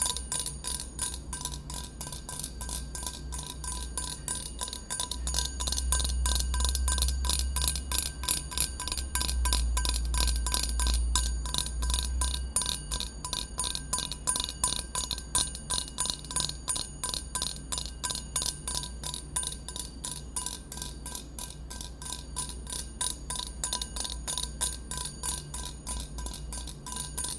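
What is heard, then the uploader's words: Rapid, regular tapping on dark things clicks steadily throughout with bright, bell-like ringing overtones, over a low rumbling hum that swells midway. ASMR TAPPING on Dark things 黒いものにタッピング.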